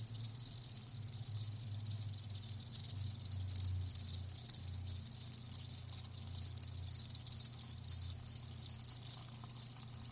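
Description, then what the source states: Crickets chirping in a dense high-pitched chorus, rapid pulsed trills overlapping continuously, with a faint low hum underneath. Live crickets chirping, a lulling song.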